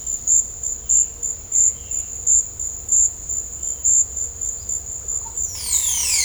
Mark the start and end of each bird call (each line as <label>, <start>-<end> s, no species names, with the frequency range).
bird call (0.2-14.9 kHz), 5.34-6.24 s